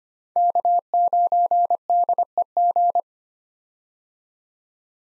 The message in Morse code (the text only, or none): K9DEG